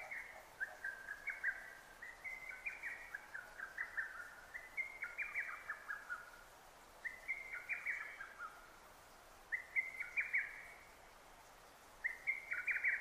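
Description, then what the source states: Lesser cuckoo calling in fast, chattering bursts of staccato notes, several phrases running together before brief pauses, with gentle background hiss throughout. 6 June 2009.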